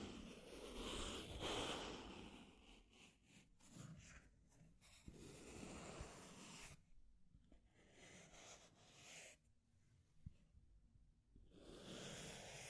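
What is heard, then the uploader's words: Deep scratching in uneven bursts: a loud, rough stretch in the first two seconds, then shorter rasping strokes through the middle, and a return to steady scraping near the end. Between bursts are quieter gaps with soft breathy noise and a few small knocks. Deep Scratching. (No Talking).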